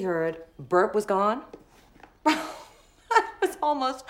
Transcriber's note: soundbite of laughter